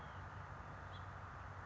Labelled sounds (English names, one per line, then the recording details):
House Finch
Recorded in Sonoma County, California